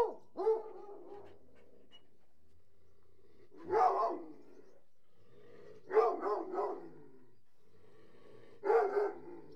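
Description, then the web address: Hunting hounds whining in a few separate bursts, each a cluster of strained, pitched cries with quiet gaps between. A pack of about 60 hunting hounds whining. "BBC Sound Effects Library. Hunting Hounds"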